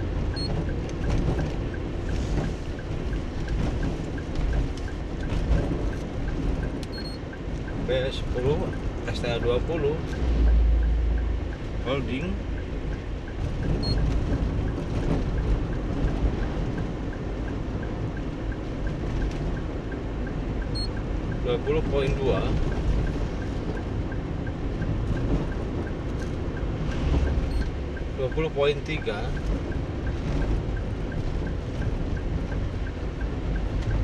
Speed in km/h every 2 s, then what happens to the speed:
54, 54, 54, 54, 54, 54, 54, 54, 54, 54, 54, 54, 54, 54, 54, 54, 54.
0-34 steady at about 54.